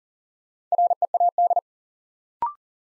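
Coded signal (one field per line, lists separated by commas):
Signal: Morse code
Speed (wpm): 37 wpm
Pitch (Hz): 700 Hz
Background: none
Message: READ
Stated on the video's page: New words from top-200-word sentences sent in Morse at 40wpm as a head-copy drill; each word sent, spoken, then sent again.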